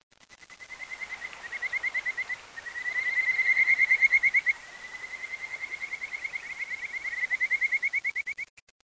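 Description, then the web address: Frog calling with fast pulsed trills at a steady high pitch, given in several runs of a few seconds separated by brief pauses. "frog zukan"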